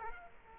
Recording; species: mosquito wingbeat signal from an infrared sensor; Culex quinquefasciatus